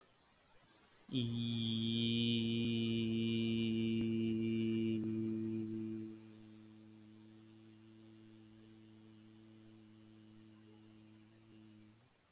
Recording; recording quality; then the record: sustained vowel as in beet; excellent, no background noise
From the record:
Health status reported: exposed to COVID-19, no respiratory illness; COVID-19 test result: negative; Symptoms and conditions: cold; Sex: male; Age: 25 years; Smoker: not ticked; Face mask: not worn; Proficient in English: yes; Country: India